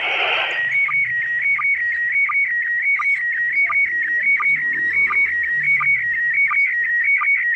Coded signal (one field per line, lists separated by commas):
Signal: SSTV (slow-scan television)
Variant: PD 90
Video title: SSTV SES 8A09JS HUT ORLOK Jakarta Selatan ke-9 Tahun 2022